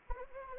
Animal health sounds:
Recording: mosquito wingbeat signal from an infrared sensor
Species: Anopheles arabiensis

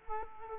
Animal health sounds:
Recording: mosquito wingbeat signal from an infrared sensor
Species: Culex quinquefasciatus

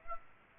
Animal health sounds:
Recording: mosquito wingbeat signal from an infrared sensor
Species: Aedes aegypti

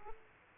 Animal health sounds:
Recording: mosquito wingbeat signal from an infrared sensor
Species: Aedes aegypti

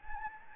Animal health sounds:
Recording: mosquito wingbeat signal from an infrared sensor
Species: Anopheles gambiae

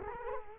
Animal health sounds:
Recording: mosquito wingbeat signal from an infrared sensor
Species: Culex quinquefasciatus

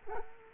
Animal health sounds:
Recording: mosquito wingbeat signal from an infrared sensor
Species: Culex quinquefasciatus

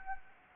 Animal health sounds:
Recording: mosquito wingbeat signal from an infrared sensor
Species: Anopheles gambiae

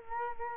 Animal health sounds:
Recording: mosquito wingbeat signal from an infrared sensor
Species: Culex quinquefasciatus

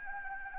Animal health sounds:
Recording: mosquito wingbeat signal from an infrared sensor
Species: Anopheles arabiensis

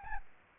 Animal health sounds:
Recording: mosquito wingbeat signal from an infrared sensor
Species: Aedes albopictus

